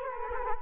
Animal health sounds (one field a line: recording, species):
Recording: mosquito wingbeat signal from an infrared sensor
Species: Culex quinquefasciatus